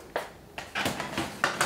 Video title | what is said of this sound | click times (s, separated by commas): 🤯 DTF Hack With Inkjet Printer Pigment ink - CrystalAnn | ahead and push it all the way in until you hear it lock so this guy is ready to go now so | 1.4 s